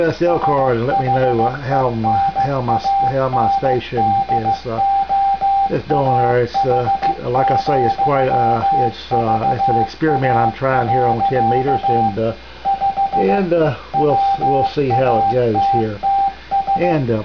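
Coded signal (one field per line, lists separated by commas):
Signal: Morse code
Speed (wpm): 15 wpm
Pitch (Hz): 790 Hz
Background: speech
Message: SHENANDOAH,VA. 5 WATTS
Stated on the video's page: 10-meter amateur CW beacon in the 28.200–28.300 MHz segment.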